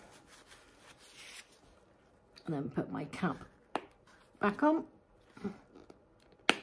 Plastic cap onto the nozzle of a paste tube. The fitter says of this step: till it clicks right down and that's it it's airtight